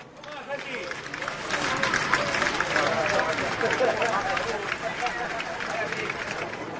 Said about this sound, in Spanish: Y para ellos entonces es este más que merecido aplauso también.